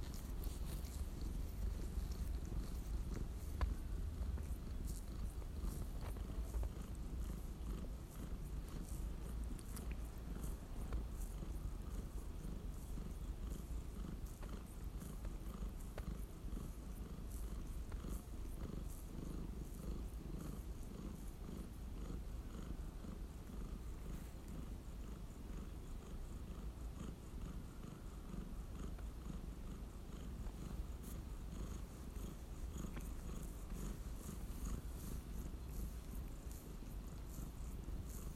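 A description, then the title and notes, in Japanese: A cat purrs steadily, a deep, continuous rumble pulsing in quick regular cycles for the whole recording, with faint soft clicks. 猫のゴロゴロ音。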